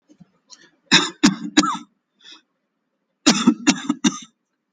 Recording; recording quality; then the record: shallow voluntary cough; excellent, no background noise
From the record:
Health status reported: exposed to COVID-19, no respiratory illness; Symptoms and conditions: none ticked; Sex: male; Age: 44 years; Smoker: not ticked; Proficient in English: yes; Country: India